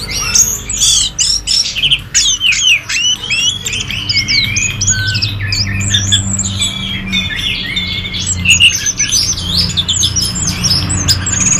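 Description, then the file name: Orange-headed thrush pouring out a long, varied song of rapid whistles, clicks and downslurred notes in quick succession, steady throughout, over a low background hum. "anis merah omkicau"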